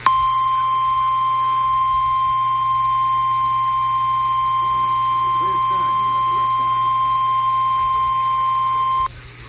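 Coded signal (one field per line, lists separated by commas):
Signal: Emergency Alert System (SAME) tones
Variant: 1050 Hz attention tone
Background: speech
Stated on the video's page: Forwarded severe thunderstorm warning SAME tones on NOAA weather radio transmitter KEC56.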